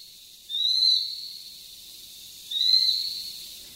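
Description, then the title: Ural Owl juvenile calls: two drawn-out high notes, about two seconds apart, over a quiet background. "朝の小鳥. フクロウの幼鳥"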